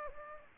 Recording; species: mosquito wingbeat signal from an infrared sensor; Aedes aegypti